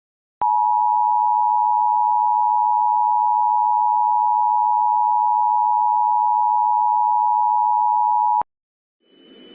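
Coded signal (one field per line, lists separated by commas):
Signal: Emergency Alert System (SAME) tones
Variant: 853 and 960 Hz attention tone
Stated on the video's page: Fictional EAS scenario (analog horror) containing valid SAME tones.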